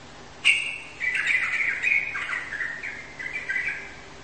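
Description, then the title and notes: Bird song: a sharp opening note followed by a continuous run of quick, varied chirps and twittering phrases lasting about three seconds over a faint low hum. "Kicau Burung Lengkap"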